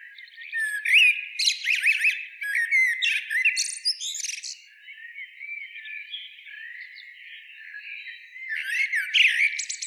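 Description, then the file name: Common blackbird calling with rapid, clattering chirps and squawks early on, then a long stretch of faint twittering before another loud burst. "Turdus merula"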